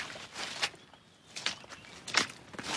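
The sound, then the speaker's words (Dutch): Footsteps walking through a forest toward a measuring instrument, a few slow, uneven crunching steps on dry ground, moderately loud against a soft, steady hiss of background noise. “Laten we even naar dat laatste meetinstrument lopen.”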